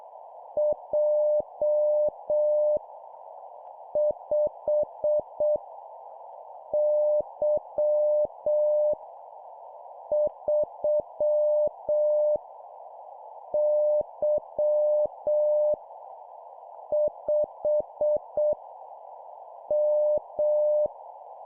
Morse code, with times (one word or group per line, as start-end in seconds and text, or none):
0.6-2.8 J
4.0-5.6 5
6.7-8.9 Y
10.1-12.4 3
13.5-15.7 Y
16.9-18.5 5
19.7-20.9 M